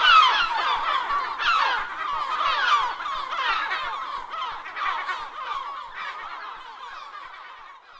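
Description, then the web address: Gulls calling in a dense, overlapping chorus of harsh, wavering cries that swell and fade repeatedly, growing quieter toward the end. "aves-marinhas gaivota geral Cantos Gaivota"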